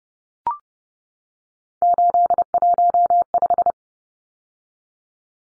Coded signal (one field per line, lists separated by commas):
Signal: Morse code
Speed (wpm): 30 wpm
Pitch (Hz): 700 Hz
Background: none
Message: 815